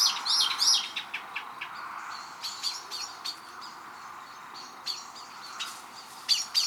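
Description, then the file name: Common blackbird calling with bursts of sharp, high clicking notes at the start and end, separated by sparser, scattered chinks. "Turdus merula"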